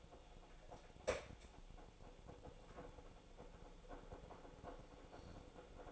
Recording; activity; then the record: daily activity, microphone in the room; make coffee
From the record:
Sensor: 5